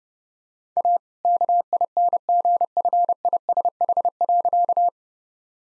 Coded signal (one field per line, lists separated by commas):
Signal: Morse code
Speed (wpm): 28 wpm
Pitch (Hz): 700 Hz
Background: none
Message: A KINGFISH.